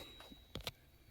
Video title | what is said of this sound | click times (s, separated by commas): Shooting Ruger P95DC REASSEMBLE full slide strip and field strip parts by Froggy | i had to shove pretty hard to get it to click in okay | 0.6 s, 0.7 s